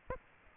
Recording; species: mosquito wingbeat signal from an infrared sensor; Aedes aegypti